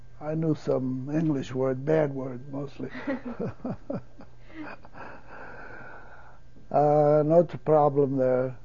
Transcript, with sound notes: I know some English words. Bad words mostly. ( he laughs ) No problem there.